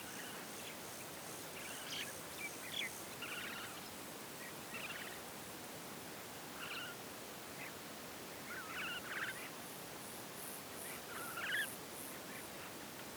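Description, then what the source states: Bird chirps, short scratchy notes scattered throughout, all fairly faint against a constant rushing background. Birds heard in a field.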